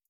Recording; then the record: hydrophone in a shrimp aquaculture tank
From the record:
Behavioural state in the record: feeding